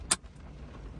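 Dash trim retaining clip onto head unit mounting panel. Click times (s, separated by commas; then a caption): 0.1 s. A plastic retaining clip pulled from the factory dash trim of a 2013–2017 Honda Accord is slid onto the edge of the new Dasaita head unit mounting panel and snaps home with one sharp, bright click at 0.1 s. The rest is quiet low background hiss, and the clip is seated.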